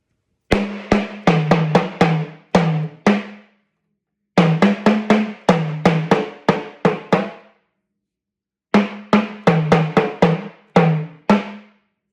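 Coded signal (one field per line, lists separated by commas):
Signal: talking drum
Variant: Yoruba sakara drum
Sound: three phrases of about eight to nine resonant low drum strokes with bending pitch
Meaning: Taking on something far beyond your capability will be your downfall, a self-inflicted wound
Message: O fẹ ba ararẹ l'ẹnu jẹ aja to gbe egungun ajanaku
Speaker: is way above your head or way above your capability though be your downfall meaning it will be your self-inflating wound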